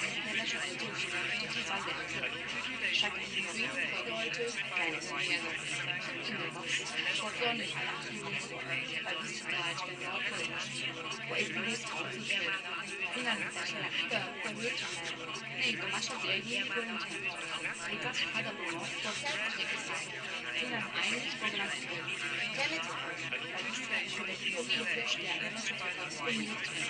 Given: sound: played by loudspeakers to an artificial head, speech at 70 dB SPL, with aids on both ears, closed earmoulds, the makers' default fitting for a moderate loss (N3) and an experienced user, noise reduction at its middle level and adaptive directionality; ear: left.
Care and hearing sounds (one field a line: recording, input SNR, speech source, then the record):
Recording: speech test signal (ISTS) in cocktail-party noise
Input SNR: -3 dB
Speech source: on the right (90 degrees)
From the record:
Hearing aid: class 2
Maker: G